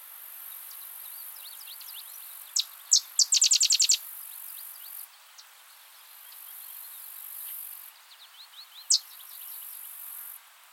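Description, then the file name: Sedge wren singing a few separated chips, then a brief fast, dry, rattling trill; another sharp note later, with faint high ticking throughout. "Cistothorus stellaris - Sedge Wren"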